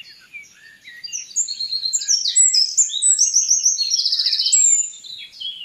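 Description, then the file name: Eurasian wren, a powerful high-pitched song of quick notes and buzzing trills, swelling then ending, with soft chirping around it. "Troglodytes troglodytes"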